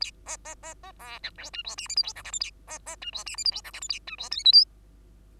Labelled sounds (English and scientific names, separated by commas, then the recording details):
Bengalese Finch (Lonchura striata domestica) song
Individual Bird2